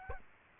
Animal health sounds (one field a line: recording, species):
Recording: mosquito wingbeat signal from an infrared sensor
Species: Aedes albopictus